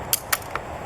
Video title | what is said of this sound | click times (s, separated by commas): Matrix Bulldog = C 2 Crank installation, Demo R/L Hand use etc. | every little click, it'll catch right there. | 0.1 s, 0.3 s, 0.6 s